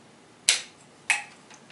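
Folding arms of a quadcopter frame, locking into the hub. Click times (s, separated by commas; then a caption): 0.5 s, 1.1 s. The folding arms of an X-I quadcopter frame prototype are unfolded like an umbrella and lock into the hub. Two sharp clicks ring out at 0.5 s and 1.1 s, followed by faint handling noise. The arms are seated and locked in place.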